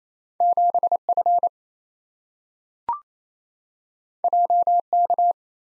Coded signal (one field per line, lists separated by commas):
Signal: Morse code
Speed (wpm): 28 wpm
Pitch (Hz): 700 Hz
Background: none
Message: 7F JK